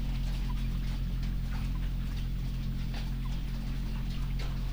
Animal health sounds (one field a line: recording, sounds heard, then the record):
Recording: poultry house recording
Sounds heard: sick chickens (respiratory disease)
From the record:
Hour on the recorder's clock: 20